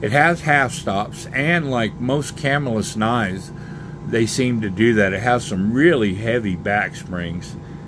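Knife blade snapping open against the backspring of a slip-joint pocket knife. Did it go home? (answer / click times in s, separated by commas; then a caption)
no / none. Someone talks while handling a Remington Bullet slip-joint trapper pocket knife with a steel blade marked 1992, half stops and a heavy backspring. A faint steady hum runs underneath the talking. The blade has not yet snapped open and nothing has seated.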